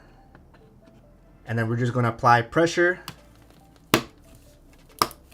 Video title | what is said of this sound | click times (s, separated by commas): Pc usa 🇺🇸 2024 | You should hear 2 clicks, and that's pretty much it. | 3.9 s, 5.0 s